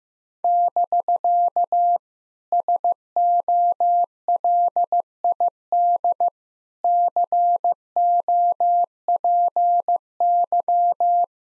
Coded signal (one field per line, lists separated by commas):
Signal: Morse code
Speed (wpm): 16 wpm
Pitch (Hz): 700 Hz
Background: none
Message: <BK> SOLID COPY